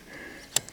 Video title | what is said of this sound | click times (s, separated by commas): Quick & Easy Wiper Blades Replacement for Chevy HHR Owners | Push that down, snaps. There you go, there's one. | 0.6 s